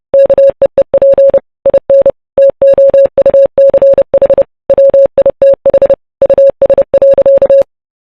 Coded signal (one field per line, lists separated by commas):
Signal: Morse code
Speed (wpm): 30 wpm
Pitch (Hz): 550 Hz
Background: none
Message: KEEP IN TOUCH WITH US.